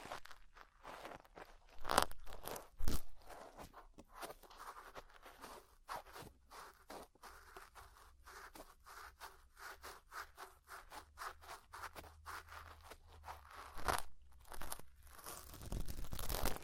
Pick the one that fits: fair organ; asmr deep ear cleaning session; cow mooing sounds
asmr deep ear cleaning session